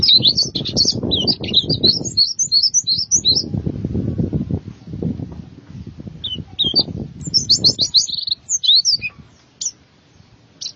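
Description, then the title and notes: White-eye song in quick high twittering bursts of rising and falling notes, over loud low rumbling noise in surges that fades near the end. "Suara kicauan burung pleci"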